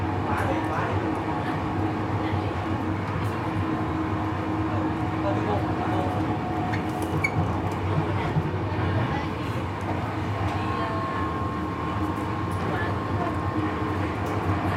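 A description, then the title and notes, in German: An evening train ride, with the steady, dense rumble and rattle of the wheels on the tracks filling all fifteen seconds at an even level. Faint clicks and brief higher squeaks surface now and then, and a thin tone hums briefly around ten seconds. Abendliche Zugfahrt, ratternde Gleise | Train ride, rattling tracks. Entspanne mit dem beruhigenden Rattern einer abendlichen Zugfahrt, kaum Menschen und viel Stille im Abteil.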